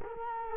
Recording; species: mosquito wingbeat signal from an infrared sensor; Culex quinquefasciatus